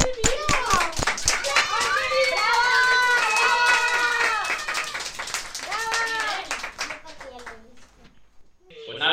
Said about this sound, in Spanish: Mirad, se ha ido el dado y han aparecido daditos pequeños. ¡Un aplauso!